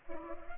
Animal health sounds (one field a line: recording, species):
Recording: mosquito wingbeat signal from an infrared sensor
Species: Culex pipiens